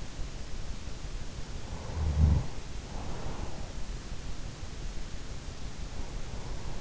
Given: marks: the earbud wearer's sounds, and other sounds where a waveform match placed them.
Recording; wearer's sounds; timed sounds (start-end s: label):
sounds in sleep by an in-ear microphone; snoring breath
1.38-3.38 s: snoring breath